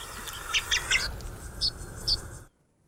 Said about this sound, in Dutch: En dit klonk heel erg goed. Ik heb hem heel goed op de opname. Het klinkt heel goed voor mijn Mongoolse pieper. Heel veel checken.